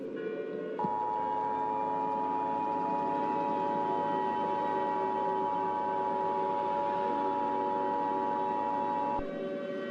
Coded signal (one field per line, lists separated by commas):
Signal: Emergency Alert System (SAME) tones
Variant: 853 and 960 Hz attention tone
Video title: EAS Scenario Test: Speed of Light v2